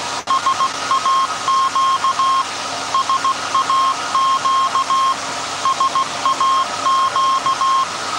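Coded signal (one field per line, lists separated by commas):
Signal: Morse code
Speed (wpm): 16 wpm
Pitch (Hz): 1070 Hz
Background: none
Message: SAQ SAQ SAQ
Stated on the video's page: Live transmission of a message from SAQ Grimeton by the 1924 Alexanderson alternator, after startup and tuning, on Alexanderson Day.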